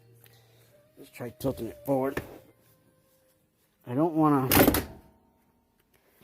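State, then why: Not seated. Someone talks while tilting the rear seat of a 2007 Mitsubishi Outlander forward during seat removal, working its tilt latch in the car floor mount. Only faint hits are heard near the end, around 5.8 and 5.9 s, with no clear click. The latch does not lock into place, and nothing has clicked.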